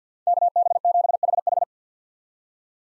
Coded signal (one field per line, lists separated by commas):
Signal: Morse code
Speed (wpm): 50 wpm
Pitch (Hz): 700 Hz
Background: none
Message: KB7HH